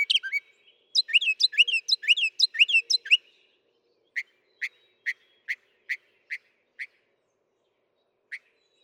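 Northern mockingbird song: a jumble of quick varied chirps and whistles, then a series of single sharp notes repeated about every half second before a pause.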